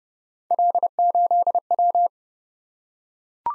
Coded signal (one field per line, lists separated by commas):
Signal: Morse code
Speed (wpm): 28 wpm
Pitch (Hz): 700 Hz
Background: none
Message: L8W